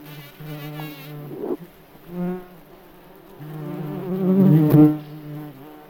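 Bumblebee buzzing in varying bursts, a low harmonic drone that wavers in pitch and grows loudest near the end, with a brief click.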